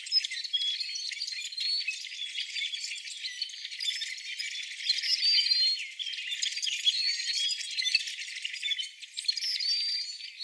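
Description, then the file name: Rusty blackbird flock chatter: sharp high chips and squeaky creaks pour out continuously, mixed with other birds' twitters, swelling and easing in bursts. Rusty blackbirds together with other bird species. "Rusty Blackbirds and Friends"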